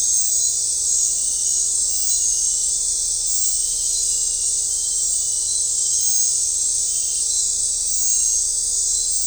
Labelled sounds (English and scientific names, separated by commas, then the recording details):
none
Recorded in dense forest near Puerto Asís, Putumayo, Colombia, on 15 December 2024 at 20:30
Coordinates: 0.499, -76.324
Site G045